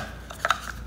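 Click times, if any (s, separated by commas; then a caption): 0.5 s. The locking piece of a secret wooden puzzle box is worked until it slides out of the box. A faint tick comes first, then a quick pair of sharp clicks at about 0.5 s, followed by a light tap. The piece is released and the box opens.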